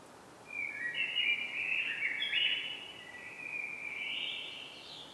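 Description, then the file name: Common blackbird delivering one long continuous warbling phrase of fluty notes, rising slightly toward the end, over soft background hiss. "Turdus merula"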